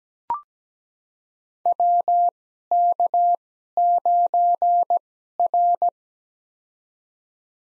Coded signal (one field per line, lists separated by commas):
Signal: Morse code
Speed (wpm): 17 wpm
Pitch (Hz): 700 Hz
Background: none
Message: WK9R